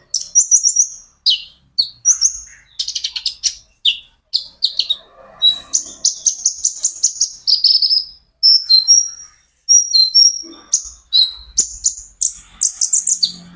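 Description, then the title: Van Hasselt's sunbird singing a dense, fast run of high thin chips, squeaky whistles and short trills, almost without pause. A konin ijoan singing constantly (gacor); recording meant as a lure and therapy aid to make untrained konin answer. "KOLIBRI NINJA KONIN IJOAN GACOR COCOK UNTUK PANCINGAN TERAPI KONIN BAHAN PASTI NYAUT"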